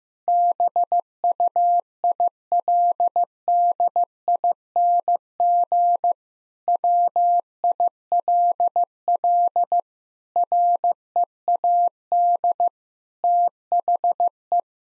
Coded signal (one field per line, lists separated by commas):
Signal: Morse code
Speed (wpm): 15 wpm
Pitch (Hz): 700 Hz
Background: none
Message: BUILDING WILL READ THE